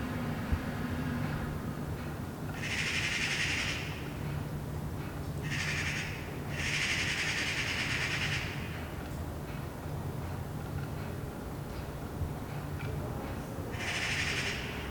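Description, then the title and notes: Eurasian magpies chattering in four harsh rattling bursts spaced irregularly, over a low steady hum. Several magpies chattering in a tree, heard from a balcony on a Sunday morning in Saint-Gilles, Belgium; recorded with a handheld digital recorder. "Saint-Gilles, Belgique - Magpies. Dimanche matin sur le balcon. Des pies jacassent dans un arbre. Sunday morning on the balcony. Magpies chattering in a tree"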